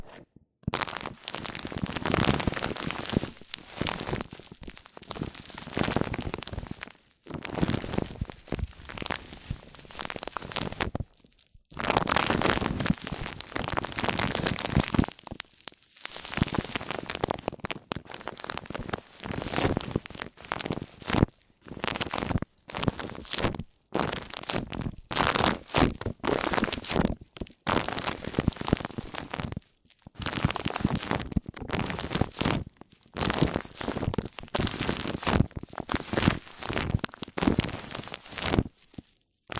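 Mic-on-mic triggers: dense scratchy rubbing and crinkling bursts in rhythmic sweeps, broken by short silences every few seconds, full and bright throughout.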